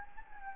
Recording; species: mosquito wingbeat signal from an infrared sensor; Anopheles gambiae